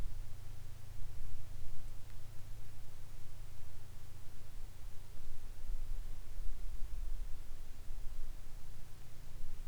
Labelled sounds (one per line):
rain